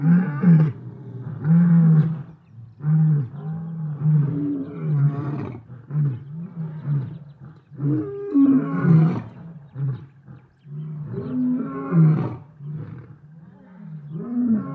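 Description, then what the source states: Lion roaring chorus, repeated deep moaning roars and grunts throughout, several overlapping bursts with loud swelling peaks. Lions recorded in savannah.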